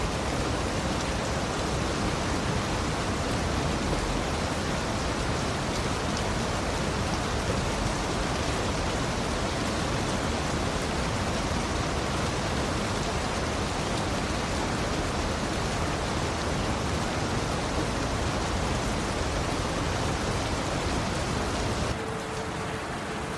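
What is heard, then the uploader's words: Steady, dense rain hisses evenly across the whole range, unbroken, softening slightly and thinning near the end after about twenty-two seconds. Serene Rain.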